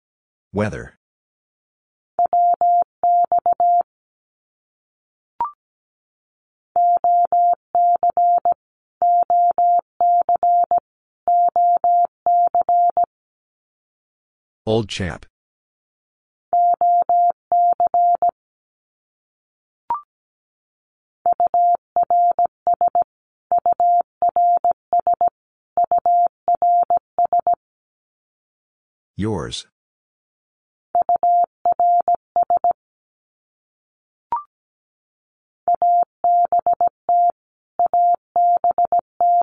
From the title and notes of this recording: Abbreviations Repeated 3x - 17wpm. First, it is sent three times in Morse code. Finally, it is sent again in Morse code.